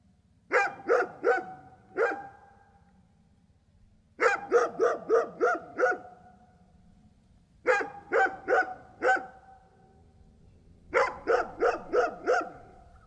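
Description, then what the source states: Dog barking in quick bursts of four to six sharp barks, each burst separated by a pause of about two seconds, over a low steady hum. Dog on a farmyard.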